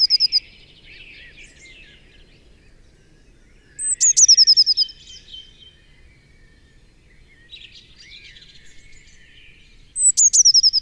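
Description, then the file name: Eurasian blue tit gives short fast trills of high notes a few times, with scattered faint twittering between them and light background hiss. "Cyanistes caeruleus"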